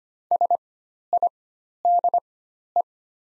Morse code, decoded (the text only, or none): SIDE